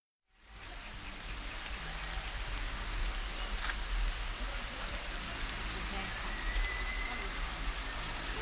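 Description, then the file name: Cricket chorus fades in quickly, then keeps up a shrill, rapidly pulsing trill, with a brief soft rising whistle near the end. Crickets recorded in a village on Bali. "bali sirkat kyla"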